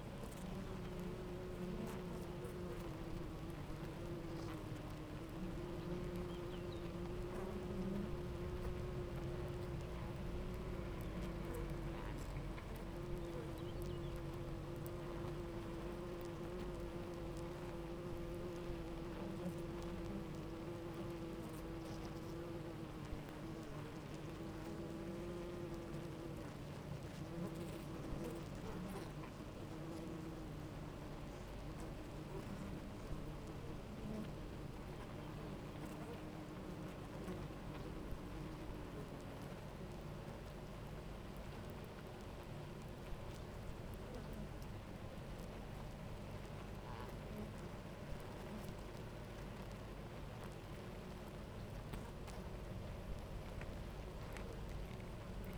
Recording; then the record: honeybee colony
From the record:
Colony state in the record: active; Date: 28 July 2017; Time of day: 9:31